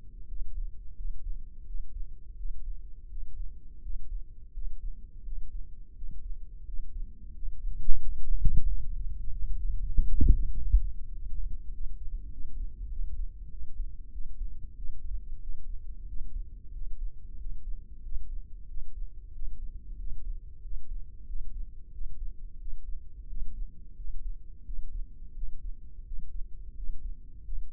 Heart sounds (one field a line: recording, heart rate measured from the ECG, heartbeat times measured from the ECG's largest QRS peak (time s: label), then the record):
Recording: heart sounds by microphone in the left ear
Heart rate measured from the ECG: 91 bpm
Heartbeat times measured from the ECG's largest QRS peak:
0.29 s: heartbeat
0.98 s: heartbeat
1.67 s: heartbeat
2.38 s: heartbeat
3.10 s: heartbeat
3.83 s: heartbeat
4.54 s: heartbeat
5.25 s: heartbeat
5.97 s: heartbeat
6.67 s: heartbeat
7.35 s: heartbeat
8.02 s: heartbeat
8.68 s: heartbeat
9.32 s: heartbeat
9.94 s: heartbeat
10.55 s: heartbeat
11.15 s: heartbeat
11.73 s: heartbeat
12.33 s: heartbeat
12.92 s: heartbeat
13.52 s: heartbeat
14.13 s: heartbeat
14.77 s: heartbeat
15.42 s: heartbeat
16.09 s: heartbeat
16.74 s: heartbeat
17.39 s: heartbeat
18.04 s: heartbeat
18.70 s: heartbeat
19.35 s: heartbeat
19.99 s: heartbeat
20.64 s: heartbeat
21.28 s: heartbeat
21.93 s: heartbeat
22.60 s: heartbeat
23.30 s: heartbeat
23.98 s: heartbeat
24.66 s: heartbeat
25.36 s: heartbeat
26.06 s: heartbeat
26.77 s: heartbeat
27.46 s: heartbeat
From the record:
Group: healthy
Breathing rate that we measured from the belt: 17 breaths a minute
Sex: male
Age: 21 years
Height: 175 cm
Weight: 72.6 kg